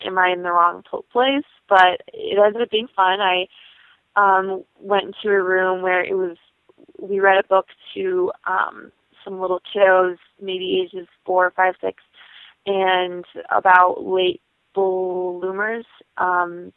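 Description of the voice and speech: An adult woman who has stuttered all her life tells a story in mostly fluent speech, with several stretched sounds, as on the 'l' of 'bloomers', drawn-out 'and' and 'to', and frequent 'um' fillers. These mild prolongations fit a largely controlled stutter.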